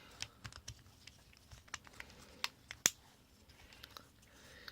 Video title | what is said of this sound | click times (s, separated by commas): Shelf Space Review: Power of the Primes Sinnertwin | You can already hear things clicking into place, as they should. | 2.4 s, 2.9 s